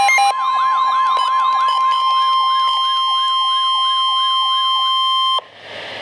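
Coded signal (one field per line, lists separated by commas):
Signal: Emergency Alert System (SAME) tones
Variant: 1050 Hz attention tone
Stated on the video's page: Severe thunderstorm warning received from NOAA Weather Radio station KEC60, Milwaukee, Wisconsin.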